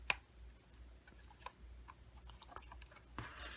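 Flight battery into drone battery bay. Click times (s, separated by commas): 0.1 s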